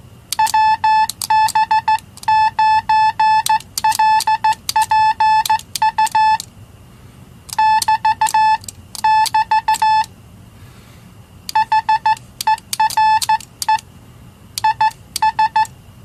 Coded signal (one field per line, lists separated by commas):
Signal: Morse code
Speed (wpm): 14 wpm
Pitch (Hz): 870 Hz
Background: none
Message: WB9LPU <BT><BT> HERE IS